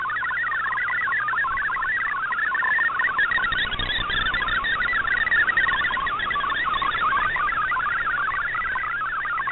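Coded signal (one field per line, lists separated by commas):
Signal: multi-tone FSK (Olivia or MFSK type)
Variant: MFSK32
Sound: fast warbling stream of hopping tones, like rapid burbling chirps, steady throughout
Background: radio static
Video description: here is my decode of the Shortwave Radiogram broadcast today on 7780Khz shortwave radio at 2030UTC in MFSK32, and 64 with 8 SSTV images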